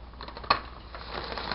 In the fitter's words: hear a nice click when you hear that button comes in unlocked